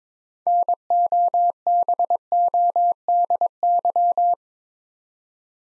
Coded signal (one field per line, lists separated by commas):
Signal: Morse code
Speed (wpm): 22 wpm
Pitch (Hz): 700 Hz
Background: none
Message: NOBODY